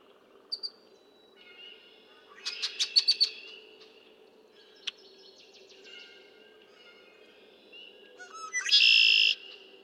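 Red-winged blackbird song: scattered chips and a rapid rattling series, then a loud harsh buzzing trill near the end, with quieter bird notes throughout.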